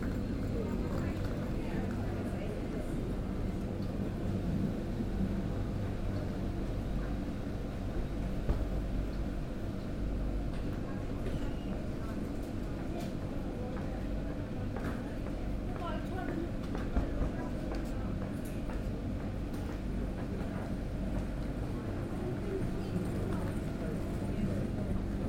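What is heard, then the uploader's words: Ambience on a railway station platform, with a steady, dense low rumble of idling trains and murmuring voices throughout. Occasional brief clanks and brighter knocks stand out, notably around eight seconds and again between fifteen and eighteen seconds. Made on Platform 3B at Peterborough Station. I was waiting for a connecting train to somewhere.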